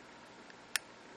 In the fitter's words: just a little tiny snap and that's in place